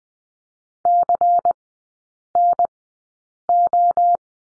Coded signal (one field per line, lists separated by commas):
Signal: Morse code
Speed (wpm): 20 wpm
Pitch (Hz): 700 Hz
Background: none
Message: CNO